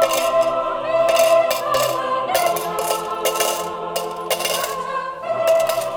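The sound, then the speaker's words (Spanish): Coins clatter one after another into an offering plate during a church service, a series of bright metallic clinks whose ringing tones linger and overlap, with no voices present. “Reprendemos públicamente al hermano Luis Castillo por haber ofrendado con monedas durante el culto de ayer.”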